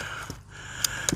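The telescoping handle of a Night Cat camping, beach and outdoors multiple-use folding cart is pulled up in its cart frame until its latch locks. A faint tick sounds at 0.3 seconds, then two sharp clicks come at 0.8 and 1.1 seconds as the handle locks into place.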